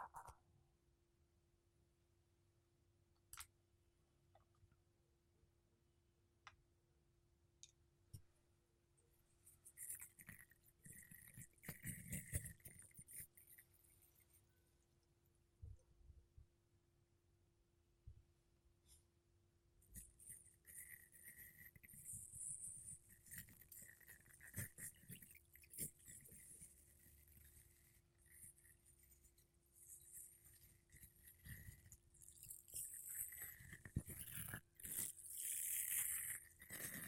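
Makeup brushes and a sponge rub against a microphone in soft, scratchy strokes, sparse and scattered for the first ten seconds, then denser and more continuous from about twenty seconds on. A faint steady low hum runs underneath throughout.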